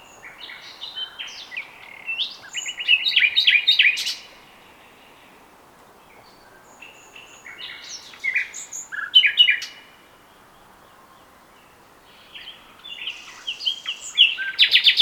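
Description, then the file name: Common nightingale singing in three bursts of varied phrases: rapid repeated notes, sharp chirps and brief whistles, separated by short quiet pauses. "Luscinia megarhynchos"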